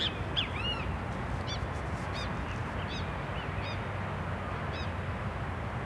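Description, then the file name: Great kiskadee calls, a few ringing arched notes near the start, then short sharp notes repeated about once a second, with a low rumbling background. Several birds recorded beside a lake in a city park in Brasília, Brazil. "Passaros Bem-Te-Vi a Beira do Lago do Parque da Cidade de Brasilia"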